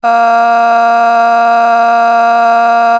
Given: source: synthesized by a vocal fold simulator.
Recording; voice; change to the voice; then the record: sustained vowel; female; a random mix of aspiration noise, stiffness perturbation and strain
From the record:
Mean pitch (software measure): 233 Hz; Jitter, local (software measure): 0.70%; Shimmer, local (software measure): 4.9%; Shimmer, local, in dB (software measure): 0.42 dB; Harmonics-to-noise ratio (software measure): 20.3 dB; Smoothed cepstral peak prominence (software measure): 15.5 dB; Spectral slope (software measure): -17.8 dB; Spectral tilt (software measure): -8.1 dB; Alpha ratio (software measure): -8.2 dB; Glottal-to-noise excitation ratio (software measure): 0.931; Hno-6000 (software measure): 2.0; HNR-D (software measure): 43.2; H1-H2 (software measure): -0.1 dB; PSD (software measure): 3.1e-05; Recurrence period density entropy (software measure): 0.115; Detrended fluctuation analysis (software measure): 0.0113